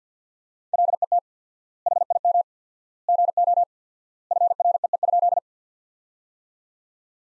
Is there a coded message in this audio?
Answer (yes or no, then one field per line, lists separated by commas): yes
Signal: Morse code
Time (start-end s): 0.7-5.4 s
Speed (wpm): 50 wpm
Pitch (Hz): 700 Hz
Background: none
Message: LET HIM GO FREE?